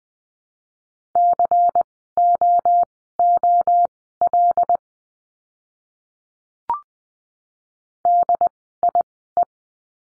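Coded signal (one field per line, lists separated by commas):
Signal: Morse code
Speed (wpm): 20 wpm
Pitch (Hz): 700 Hz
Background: none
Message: COOL DIE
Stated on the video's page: Morse code course lesson on the letter C, words sent at Farnsworth speed 20/10 wpm.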